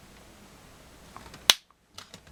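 A plastic screen bezel clip in the display lid of an Acer Aspire One D257 laptop is pried at during a screen replacement. Faint handling ticks lead up to one sharp, loud snap at 1.5 s as the clip pops loose, followed by a brief silence and a few lighter clicks. The bezel clip is released.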